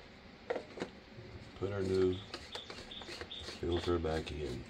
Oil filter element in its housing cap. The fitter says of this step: get our new filter put that in you should hear a click